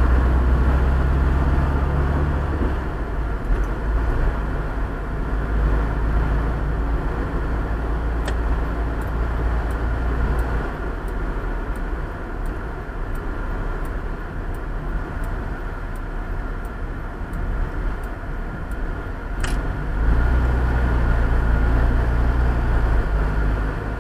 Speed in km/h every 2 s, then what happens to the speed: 33, 34, 38, 40, 41, 42, 44, 44, 40, 39, 35, 39.
0-11 speeds up to 44. 11-20 slows to 35.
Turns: none.